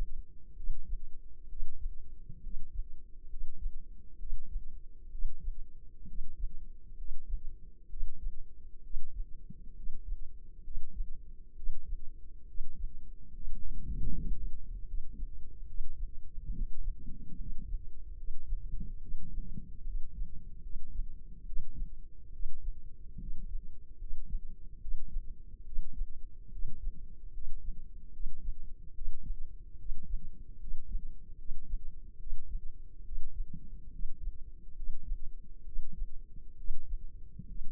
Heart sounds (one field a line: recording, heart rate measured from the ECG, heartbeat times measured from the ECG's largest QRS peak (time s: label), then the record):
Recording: heart sounds by microphone in the left ear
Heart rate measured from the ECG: 70 bpm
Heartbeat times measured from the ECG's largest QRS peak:
0.53 s: heartbeat
1.46 s: heartbeat
2.40 s: heartbeat
3.26 s: heartbeat
4.16 s: heartbeat
5.08 s: heartbeat
6.04 s: heartbeat
6.94 s: heartbeat
7.86 s: heartbeat
8.80 s: heartbeat
9.72 s: heartbeat
10.60 s: heartbeat
11.53 s: heartbeat
12.44 s: heartbeat
13.30 s: heartbeat
14.06 s: heartbeat
14.83 s: heartbeat
15.63 s: heartbeat
16.49 s: heartbeat
17.35 s: heartbeat
18.13 s: heartbeat
18.98 s: heartbeat
19.82 s: heartbeat
20.59 s: heartbeat
21.42 s: heartbeat
22.29 s: heartbeat
23.16 s: heartbeat
23.96 s: heartbeat
24.77 s: heartbeat
25.62 s: heartbeat
26.48 s: heartbeat
27.30 s: heartbeat
28.09 s: heartbeat
28.91 s: heartbeat
29.75 s: heartbeat
30.56 s: heartbeat
31.35 s: heartbeat
32.16 s: heartbeat
33.01 s: heartbeat
33.88 s: heartbeat
34.72 s: heartbeat
35.62 s: heartbeat
36.54 s: heartbeat
37.44 s: heartbeat
From the record:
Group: healthy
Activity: rest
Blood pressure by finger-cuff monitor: 113/72 mmHg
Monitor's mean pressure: 82 mmHg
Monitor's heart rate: 69 bpm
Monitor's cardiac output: 4.8 L/min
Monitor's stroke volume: 70 mL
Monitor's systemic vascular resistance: 1290 dyn s/cm5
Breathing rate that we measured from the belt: 17 breaths a minute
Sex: male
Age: 20 years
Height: 167 cm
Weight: 61 kg